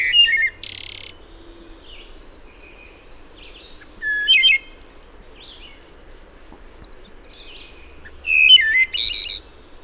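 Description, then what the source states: Wood thrush singing three fluty phrases, each with clear low whistles then a buzzy, ringing high flourish, repeated about every four seconds, over soft background hiss. Recorded 26 April 2009.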